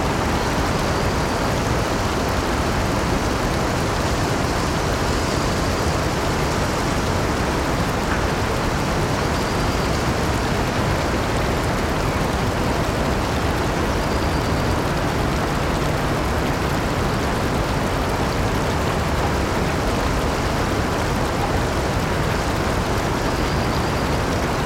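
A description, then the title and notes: A steady, dense rush of flowing water fills the whole stretch without letup, full and weighty in the lows with a softer hiss above. A faint high thin tone, perhaps insects, drifts in and out every few seconds in the background. A remote countryside garden at midnight. A quiet, rural stream flows softly through, its rhythmic babble weaving a hypnotic pattern.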